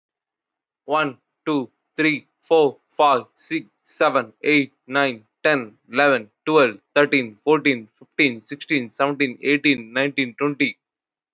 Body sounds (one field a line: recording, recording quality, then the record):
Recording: counting at a normal pace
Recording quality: excellent, no background noise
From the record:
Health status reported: healthy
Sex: male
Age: 23 years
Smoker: yes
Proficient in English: yes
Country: India